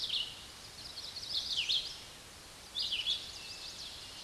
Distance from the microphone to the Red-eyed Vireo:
about 25 m